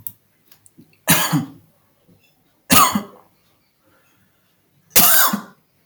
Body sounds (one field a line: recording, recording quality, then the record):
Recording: heavy voluntary cough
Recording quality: excellent, no background noise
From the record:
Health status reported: healthy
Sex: male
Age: 24 years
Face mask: not worn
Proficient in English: yes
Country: India